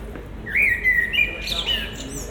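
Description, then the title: Common blackbird singing one mellow whistled phrase that wavers and dips, closing with a brief higher twitter, against faint background rumble. Recorded at Résidence Sainte-Gertrude, Marolles, Brussels, Belgium, with a Sony PCM-M10 and Luhd PM-01 binaural microphones. "Marolles, 1000 Bruxelles, Belgique - Résidence Sainte-Gertrude - Merle - Blackbird"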